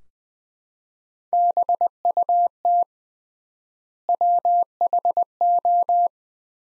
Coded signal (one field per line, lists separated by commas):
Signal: Morse code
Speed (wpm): 20 wpm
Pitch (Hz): 700 Hz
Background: none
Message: BUT WHO